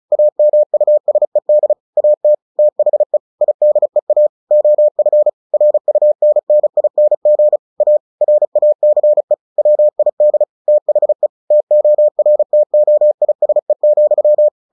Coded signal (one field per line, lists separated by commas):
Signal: Morse code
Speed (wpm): 36 wpm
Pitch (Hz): 600 Hz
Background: none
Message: AMUSED AT THE IDEA OF RUNNING A RACE WID THE TORTOISE,